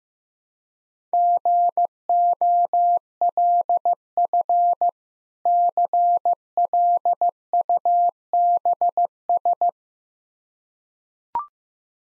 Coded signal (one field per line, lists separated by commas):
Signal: Morse code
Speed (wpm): 15 wpm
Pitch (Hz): 700 Hz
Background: none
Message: GOLF CLUBS